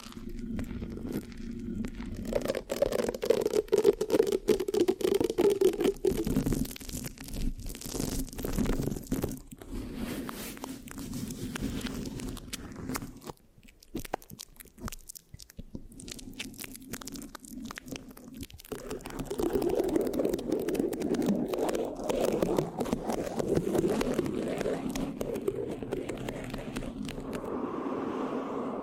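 Mic scratching fills the clip with dense, sticky crackles over a low hum, easing and thinning around the middle before swelling louder again.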